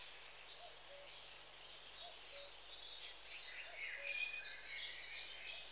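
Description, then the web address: Long-tailed tits giving thin, high calls in rapid succession, several birds overlapping in a busy twittering stream, with a few lower soft notes. "The BBC Sound Effects Library. Long Tailed TIT"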